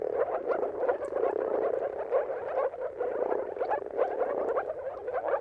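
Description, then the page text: Moor frogs bubbling in chorus, quick soft notes stacked on each other with small swells and dips in loudness. Chorus of many moor frogs giving mating calls at sunrise, at the turn of March and April, timing depending on the weather. "earth-fm Jakub-Orzecki. Depending on the weather at the turn of March and April, you can witness an amazing spectacle of moor frogs"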